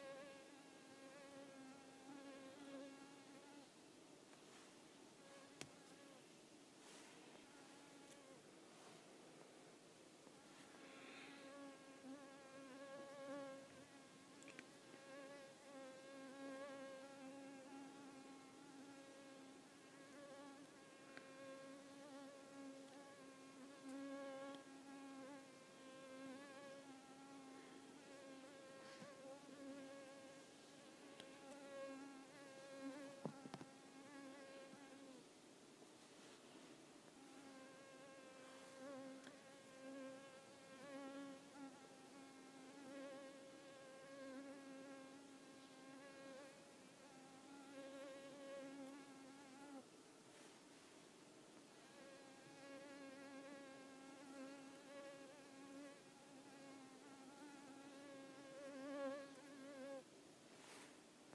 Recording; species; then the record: mosquito flight sound by mobile phone; Culiseta incidens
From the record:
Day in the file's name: 4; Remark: blood-fed, one hour after the blood meal